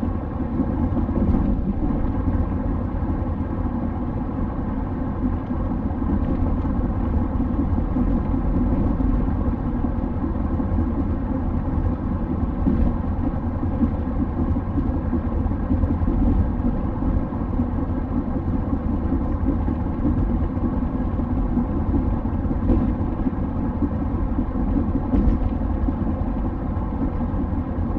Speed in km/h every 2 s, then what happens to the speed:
93, 93, 93, 93, 92, 92, 92, 92, 92, 92, 93, 93, 93, 93.
0-28 steady at about 93.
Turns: none.